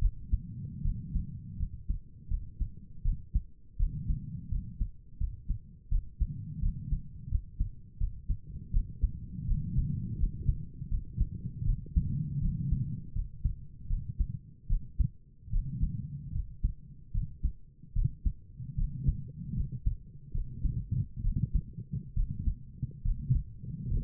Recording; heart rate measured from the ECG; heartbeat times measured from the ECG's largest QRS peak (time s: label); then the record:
heart sounds by stethoscope; 78 bpm
0.01 s: heartbeat
0.83 s: heartbeat
1.58 s: heartbeat
2.29 s: heartbeat
3.04 s: heartbeat
3.78 s: heartbeat
4.50 s: heartbeat
5.19 s: heartbeat
5.90 s: heartbeat
6.61 s: heartbeat
7.30 s: heartbeat
7.99 s: heartbeat
8.72 s: heartbeat
9.47 s: heartbeat
10.18 s: heartbeat
10.90 s: heartbeat
11.65 s: heartbeat
12.41 s: heartbeat
13.14 s: heartbeat
13.89 s: heartbeat
14.69 s: heartbeat
15.52 s: heartbeat
16.34 s: heartbeat
17.13 s: heartbeat
17.95 s: heartbeat
18.77 s: heartbeat
19.56 s: heartbeat
20.33 s: heartbeat
21.23 s: heartbeat
22.15 s: heartbeat
23.03 s: heartbeat
23.90 s: heartbeat
From the record:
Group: healthy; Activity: rest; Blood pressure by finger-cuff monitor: 94/66 mmHg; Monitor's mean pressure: 73 mmHg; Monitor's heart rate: 79 bpm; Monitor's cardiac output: 5.9 L/min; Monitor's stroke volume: 74 mL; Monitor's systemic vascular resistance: 920 dyn s/cm5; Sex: female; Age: 22 years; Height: 163 cm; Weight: 67.1 kg